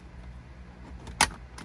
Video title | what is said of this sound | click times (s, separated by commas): VDO Continental TR7412UB Review & Install in a BMW E36 M3 | now I'm going to push this, and you should hear it click into place. | 1.2 s